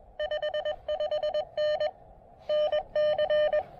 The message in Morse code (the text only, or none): 55N NC